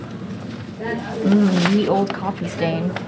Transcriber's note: Sounds of paper flipping at the Bronx Department of Buildings